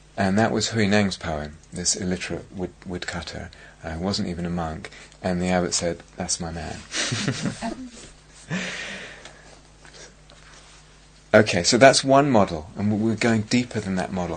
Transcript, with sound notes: And that was Hui-neng's poem, this illiterate woodcutter who wasn't even a monk. And the abbot said, "That's my man." [laughs] Okay, so that's one model, and we're going deeper than that model.